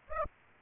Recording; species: mosquito wingbeat signal from an infrared sensor; Aedes aegypti